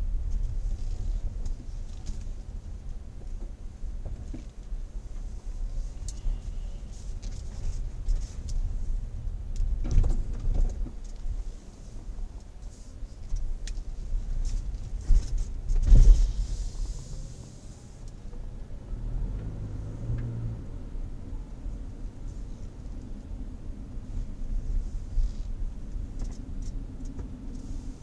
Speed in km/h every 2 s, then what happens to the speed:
7, 6, 7, 9, 9, 5, 10, 10, 17, 26, 28, 21, 19, 26.
0-10 steady at about 7. 10-19 speeds up to 28. 19-23 slows to 19.